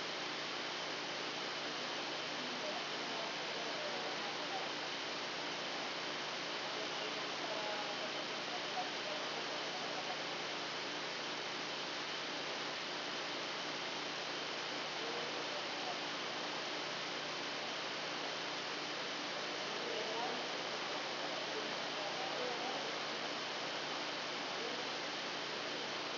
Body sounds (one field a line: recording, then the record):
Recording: brain microelectrode recording played as sound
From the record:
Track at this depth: outside the subthalamic nucleus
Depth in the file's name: 0.714 mm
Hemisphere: left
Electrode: 2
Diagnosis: Parkinson's disease